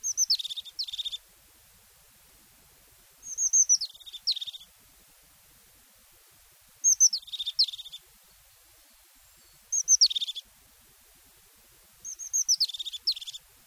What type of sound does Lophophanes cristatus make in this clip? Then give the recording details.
song. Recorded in the wild. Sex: male. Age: adult. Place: Garmisch-Partenkirchen, Bayern, DE. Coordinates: 47.5208, 11.0806. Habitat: pond. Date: 1966-04-14. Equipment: Vollspur. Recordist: Tretzel, Erwin. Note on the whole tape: Pflegersee: Haubenmeise: Reviergesang